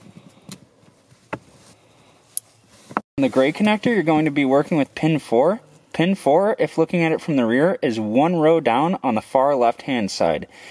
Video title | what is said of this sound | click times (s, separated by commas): GM Tow Mirror Plug & Play Wiring Upgrade (Spot Light Without Puddle) 2019-2022 Silverado Sierra 1500 | place the wires into the jaw of the t-tap and fold it over until it clicks on | 2.4 s